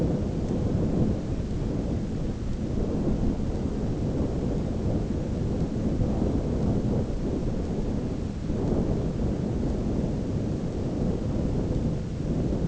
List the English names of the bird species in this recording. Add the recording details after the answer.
none. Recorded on Arctic tundra, site ZACK-1, on 9 June 2019. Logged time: 13:49